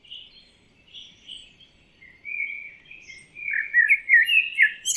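Bird with soft whistled notes that build into a quicker, louder run of chirps and twittering near the end.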